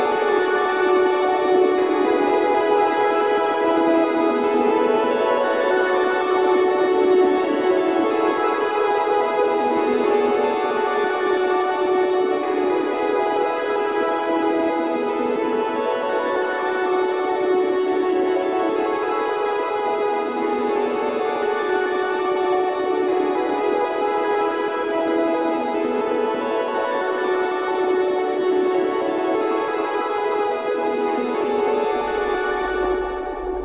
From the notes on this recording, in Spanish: Un paisaje sonoro que remite a los sonidos de las consolas viejas de videojuegos